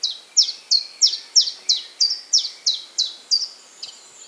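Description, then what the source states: Common Chiffchaff song: steady series of high, clipped downslurred notes, about three per second. Played example of song for comparison with other warblers' songs; song described as 'tenk-tenk-tenk', like a small ticking clock.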